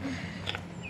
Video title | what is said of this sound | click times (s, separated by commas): Chhoti Ne mini tractor Ko तोड़ दिया 😡 और परी Ne Chhoti Ko Diya chips 🤣gudiya wala cartoon | अच्छा एक बार उसको लगा के और जोर से प्रेस करो तब लॉक हो जाएगा हो गया | 0.5 s, 0.6 s